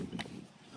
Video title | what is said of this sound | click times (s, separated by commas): How to wash a house step by step - Bluegrass Soft Wash perfect house wash | the Quick Connect until it you hear that snap | 0.2 s